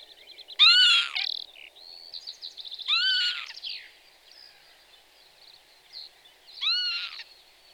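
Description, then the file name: Northern lapwing calls, wheezy arched 'pee-wit' notes given three times, with faint thin calls of other birds between them. "cejka chocholata"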